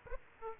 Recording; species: mosquito wingbeat signal from an infrared sensor; Aedes aegypti